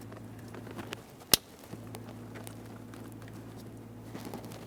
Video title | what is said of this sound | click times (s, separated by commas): How to Replace HVAC Blower Motor Assembly 2009-2014 Nissan Maxima | Press it in. Listen for a click. Give it a slight wiggle, making sure it's secure. | 1.3 s